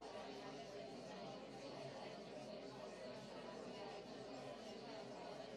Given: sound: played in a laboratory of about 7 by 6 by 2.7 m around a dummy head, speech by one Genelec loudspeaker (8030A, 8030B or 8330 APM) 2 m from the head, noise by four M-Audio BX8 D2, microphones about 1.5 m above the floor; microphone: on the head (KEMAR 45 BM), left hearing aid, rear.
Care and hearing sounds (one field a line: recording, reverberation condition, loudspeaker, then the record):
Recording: babble noise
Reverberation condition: low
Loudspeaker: four, about 170 cm from the corners of the room and facing them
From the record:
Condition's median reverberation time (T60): about 310 ms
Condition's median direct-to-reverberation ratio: about 3.5 dB